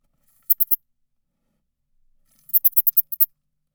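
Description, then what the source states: Insect protest sound: a quick burst of three dry clicks, a pause, then a run of about seven sharp clicks in close succession. Male; tegminal protest sounds, signal S 3.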